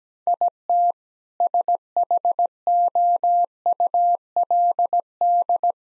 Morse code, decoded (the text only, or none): IT SHOULD